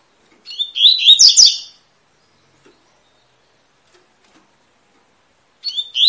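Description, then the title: Double-collared seedeater song: a quick phrase of bright, slurred twittering notes, a quiet pause, then the next phrase starting. Tui-tui song style, used as a tutor song for teaching young birds; bird of the fibra type. "COLEIRO TUI TUI FIBRA"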